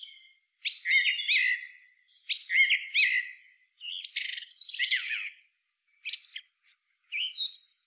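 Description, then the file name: Common blackbird with squeaky, thin warbled phrases followed by rough chattering bursts and short high chips toward the end. "Turdus merula"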